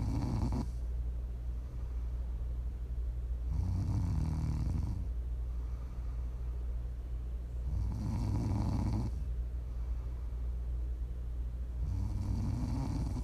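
ASMR snoring: an adult woman snoring during sleep, with low-pitched, rumbling snores on each breath-in at roughly 14 breaths per minute.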